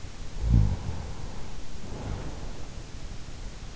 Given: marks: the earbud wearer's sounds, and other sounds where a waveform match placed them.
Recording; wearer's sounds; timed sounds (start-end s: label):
sounds in sleep by an in-ear microphone; snoring breath
0.27-3.41 s: snoring breath